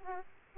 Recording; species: mosquito wingbeat signal from an infrared sensor; Aedes aegypti